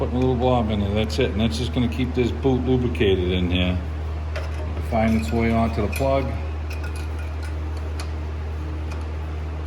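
A rubber spark plug wire boot with a small blob of dielectric grease is worked toward the spark plug of a Toro 724 SnowMaster snow blower engine, with a steady low hum underneath while someone talks. Brief small handling ticks occur around 4.4, 6.7 and 8.0 seconds, but the boot has not yet snapped onto the plug by the end of the clip.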